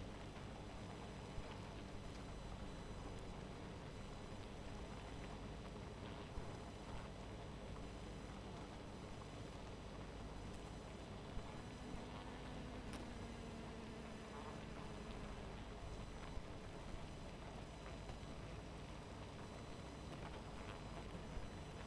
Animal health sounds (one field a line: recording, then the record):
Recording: honeybee colony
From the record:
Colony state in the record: missing queen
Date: 14 July 2017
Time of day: 0:25